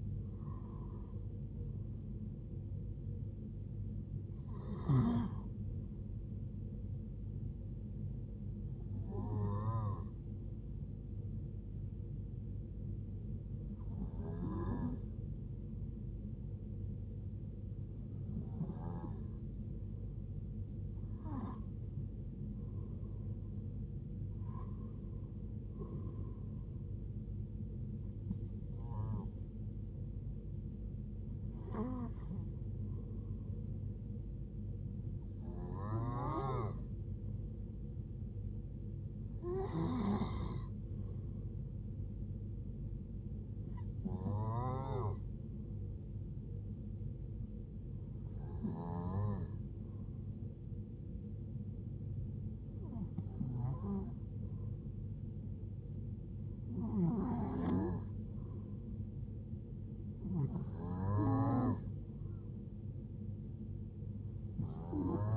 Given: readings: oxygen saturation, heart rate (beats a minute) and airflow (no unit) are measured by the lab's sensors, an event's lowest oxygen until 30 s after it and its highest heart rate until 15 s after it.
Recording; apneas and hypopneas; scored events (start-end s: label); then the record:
breathing in sleep by a smartphone at the bedside; 1
13.00-39.60 s: hypopnea (N2, oxygen 95% highest, then 93% lowest, heart rate 81 at the start, 81 highest)
From the record:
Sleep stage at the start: N2 (light sleep); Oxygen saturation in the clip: 90 to 95%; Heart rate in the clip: 65 to 81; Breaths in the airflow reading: 16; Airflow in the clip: -5.2 to 6.5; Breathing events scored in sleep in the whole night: 389 in 6.3 hours asleep